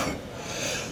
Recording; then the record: coughing mixed with background sound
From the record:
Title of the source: Spring Cold Coughing 3